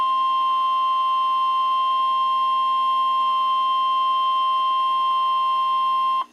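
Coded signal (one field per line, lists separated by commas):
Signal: Emergency Alert System (SAME) tones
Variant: 1050 Hz attention tone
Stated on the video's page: Severe weather alerts received through an online weather radio stream, which skipped on one alert.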